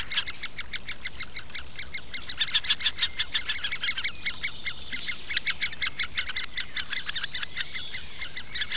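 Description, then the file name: Great spotted woodpecker nestlings begging with steady, rapid, grating chatter, the buzzy notes coming in quick uneven runs without pause. Adult great spotted woodpecker feeding its nestlings. "nagy fakopáncs fiókáit eteti"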